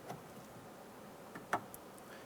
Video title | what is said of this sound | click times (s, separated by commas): How to Replace Front Window Regulator Assembly 2015-2020 Cadillac Escalade | you fill it in here it snap into place | 1.5 s